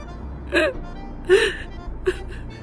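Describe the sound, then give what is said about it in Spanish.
A woman sobs deeply, moved by a romance film, letting out three uneven, gasping cries with a strained voiced edge, each catching breath and fading. Quiet breathy pauses separate the sobs, and no one speaks. “Lo que sí recuerdo es el llanto de mi tía …. Un llanto profundo desde las entrañas.”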